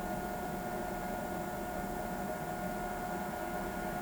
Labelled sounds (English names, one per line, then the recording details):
none
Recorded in pastures near Pivijay, Magdalena, Colombia, on 16 April 2023 at 06:30
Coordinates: 10.456, -74.369
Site P6-G026